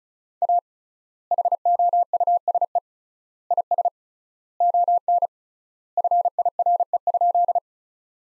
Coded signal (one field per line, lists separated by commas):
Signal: Morse code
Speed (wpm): 34 wpm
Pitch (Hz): 700 Hz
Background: none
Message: A HOUSE IS ON FIRE?